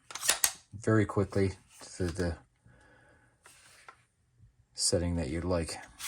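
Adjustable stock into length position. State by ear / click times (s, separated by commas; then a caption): not seated / none. An adjustable stock on a Kriss Vector .22 LR Duotone (Canadian) is handled and extended through its length positions, with sharp mechanical snaps near the start while someone talks. The stock has not yet clicked into its length setting by the end of the clip.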